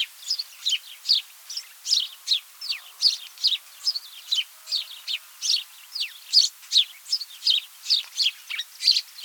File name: Passera Italia